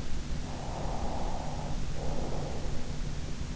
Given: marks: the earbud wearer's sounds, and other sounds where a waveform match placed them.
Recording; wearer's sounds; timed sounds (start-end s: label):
sounds in sleep by an in-ear microphone; breath
0.32-3.06 s: breath